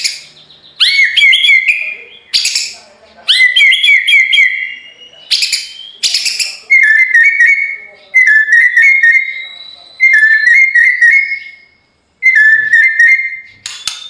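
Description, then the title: White-rumped shama: songbird repeating short buzzy whistled phrases, each opening with a sharp click, in bursts roughly every second or two, separated by short silences. Full rolling ('ngerol') and 'nembak' style song for training (masteran). "Masteran Murai Batu Full Ngerol Nembak"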